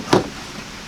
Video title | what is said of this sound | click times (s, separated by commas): How To Repair A Broken Cooler And Turn It Into An Awesome Livewell! | Now that'll snap right in there. | 0.1 s